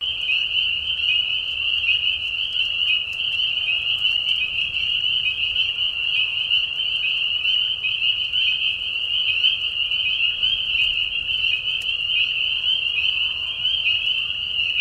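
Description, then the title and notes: Spring peepers in a dense mating chorus, many high whistled peeps merging into a steady shrill band with no pauses, faint low rumble underneath. Many spring peepers giving mating calls in a marsh at night during a short spring season, Tiny, Ontario; high whistles at low volume. "Peeper frogs in the spring. Peeper frogs in a marsh at night. This is a mating call that happens during a very short season in the Spring. Recorded at the Tiny Marsh Conservation area in Tiny, Ontario. Recorded by Anton Pickard. Part of the Music for Sleep project"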